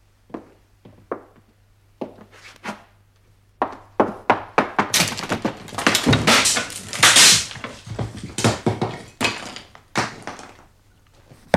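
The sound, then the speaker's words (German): A locked door is forced open by a sergeant on an inspector's order: repeated heavy thuds and wooden bangs, sparse at first, then a dense, loud flurry of splintering blows and rattling before the final knocks taper off. No one speaks. “Na, brechen Sie das Ding da auf, nur nicht so schüchtern, Mensch.”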